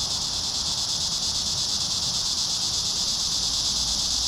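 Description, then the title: Cicada chorus, a continuous high, buzzy drone with no breaks. Cicadas singing in a park. "neoscenes: cicadas in the park"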